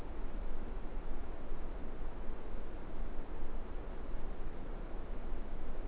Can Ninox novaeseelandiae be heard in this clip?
no